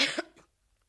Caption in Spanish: Nos van a escuchar toser. Que tose, como la mayoría de personas.